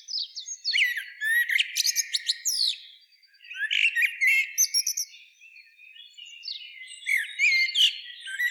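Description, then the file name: Common blackbird giving rapid high twitters and squeaky slurred notes in several bursts, with softer passages between them. "Turdus merula"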